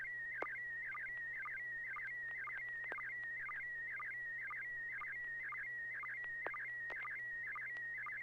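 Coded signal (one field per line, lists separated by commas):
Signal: SSTV (slow-scan television)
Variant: PD120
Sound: steady high warbling tone with rhythmic chirpy dips about twice a second, occasional clicks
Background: low hum, radio hiss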